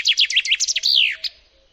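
Common chaffinch song ending: quick tumbling notes leading into a long, smoothly descending slur, followed by one short final note.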